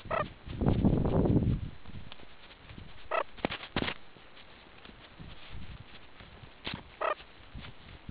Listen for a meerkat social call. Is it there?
no